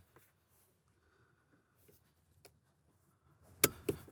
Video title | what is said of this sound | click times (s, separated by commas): How to Install a Car Seat | I need to make sure my buttons are out, my teeth are facing down, and I'm gonna push it in and listen for an audible click. | 3.6 s